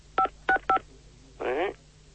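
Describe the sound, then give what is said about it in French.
Three short, evenly spaced telephone line tones beep in quick succession, each a steady electronic double pitch, signalling an incoming call on line 2, followed by a brief burst of voice. “Attendez, on essaye de nous joindre sur les lignes 2, hein.”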